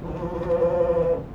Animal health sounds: contact call of a hoofed animal; goat; low-frequency (closed-mouth) or high-frequency (open-mouth) call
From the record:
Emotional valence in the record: positive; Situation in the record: food anticipation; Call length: 1.35 s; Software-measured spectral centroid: 990 Hz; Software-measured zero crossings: 950 a second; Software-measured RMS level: -23 dBFS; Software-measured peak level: -11 dBFS

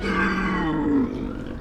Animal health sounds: contact call of a hoofed animal; wild boar; grunt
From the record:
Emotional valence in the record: negative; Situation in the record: naturally occurring agonistic interactions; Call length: 1.61 s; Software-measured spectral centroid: 1360 Hz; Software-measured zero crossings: 1170 a second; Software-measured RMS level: -24 dBFS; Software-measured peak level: -12 dBFS

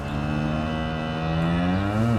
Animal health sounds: contact call of a hoofed animal; cattle; low-frequency (closed-mouth) or high-frequency (open-mouth) call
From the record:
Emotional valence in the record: negative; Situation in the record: physical separation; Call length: 2.2 s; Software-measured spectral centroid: 1380 Hz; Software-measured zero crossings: 1260 a second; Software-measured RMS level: -24 dBFS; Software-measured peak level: -12 dBFS

